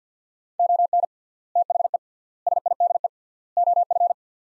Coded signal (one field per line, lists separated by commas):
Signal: Morse code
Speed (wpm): 50 wpm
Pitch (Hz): 700 Hz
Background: none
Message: ON THE SIDE OF